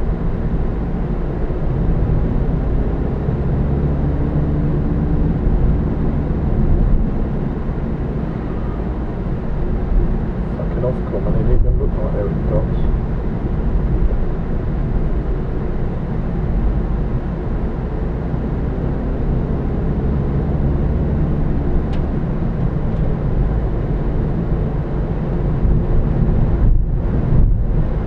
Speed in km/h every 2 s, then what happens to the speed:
37, 42, 47, 45, 40, 39, 39, 40, 39, 40, 45, 45, 45, 47.
0-4 speeds up to 47. 4-9 slows to 39. 9-17 steady at about 39. 17-20 speeds up to 45. 20-28 steady at about 45.